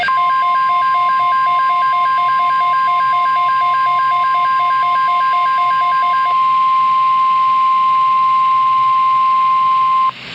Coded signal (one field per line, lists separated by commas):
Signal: Emergency Alert System (SAME) tones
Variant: 1050 Hz attention tone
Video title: Tornado Watch (EAS #902) 7/13/15